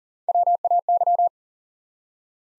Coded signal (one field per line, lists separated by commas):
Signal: Morse code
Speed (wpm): 42 wpm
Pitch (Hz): 700 Hz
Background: none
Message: WAY